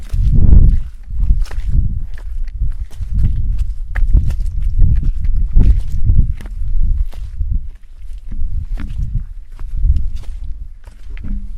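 Cows shuffle around a cattle shed, their hooves landing in a steady run of heavy, dull thuds and scuffs that continue, uneven and fairly loud, without any voices.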